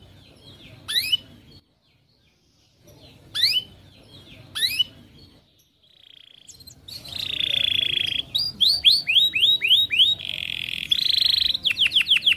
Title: Kenari Gacor Cengkok Terbaik Isian Paling Mewah Kenarigacor Kicaumania Kenari